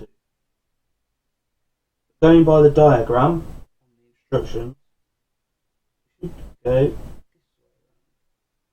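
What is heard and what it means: A CPU is lined up by its diagram and lowered into the motherboard socket, with the retention lever not yet locked. Someone talks in several short bursts separated by silence. Nothing has seated or clicked yet.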